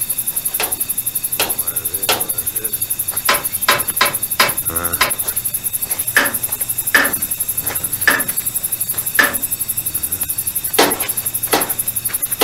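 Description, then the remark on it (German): A special hammer from a toolbox taps carefully on each wheel and bolt of the old locomotive Emma at dusk. Sharp metallic taps ring out one after another at an irregular, unhurried pace, each a bright clink with a short ringing tail, over a faint steady background hum. “Lukas holte den Werkzeugkasten, nahm einen besonderen Hammer heraus und beklopfte vorsichtig und schweigend jedes Rad und jede Schraube an der alten Emma.”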